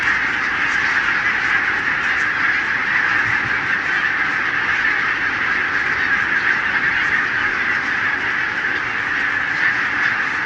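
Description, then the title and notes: Barnacle goose: barnacle geese in a massive flock, their calls merged into a continuous, even roar of overlapping yelps with no single bird distinct. Flock of about 20,000 on wintering grounds in winter, Renesse, Netherlands, 12 January 2009; recorded with Nagra LB and Telinga P7. "Renesse - Pays-bas. 20 000 Bernache nonnette ( Branta leucopsis) en Hollande"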